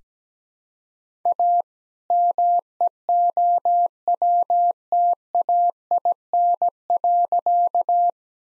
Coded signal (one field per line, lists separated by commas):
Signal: Morse code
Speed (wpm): 17 wpm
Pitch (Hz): 700 Hz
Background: none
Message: A MEOWTAIN.